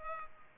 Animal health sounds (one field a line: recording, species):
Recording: mosquito wingbeat signal from an infrared sensor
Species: Culex pipiens